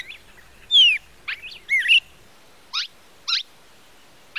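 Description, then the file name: Red-crested cardinal song: short, clear whistled phrases with sliding and swooping notes, separated by pauses, then three brief sharp upswept notes. "canto do cardeal"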